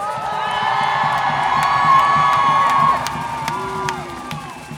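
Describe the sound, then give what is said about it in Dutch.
A large crowd at a 2026 International Women's Day feminist march shouts and cheers in a sustained roar of many voices, swelling in the first half and then tapering slightly, with scattered sharp whoops rising above the din. “Ik wil jullie horen, niet zacht, niet beleefd.”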